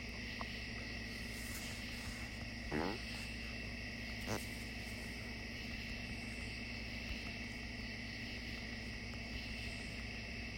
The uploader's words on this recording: Bugs in rural Indiana. Bugs = at night.